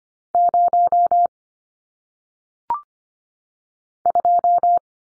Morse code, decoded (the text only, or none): 0 2